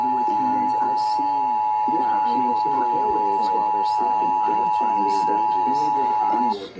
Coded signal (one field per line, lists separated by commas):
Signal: Emergency Alert System (SAME) tones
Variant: 853 and 960 Hz attention tone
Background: speech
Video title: EAS #8-10 Required Monthly Test on WBBM-AM, WGN-AM, WLS-AM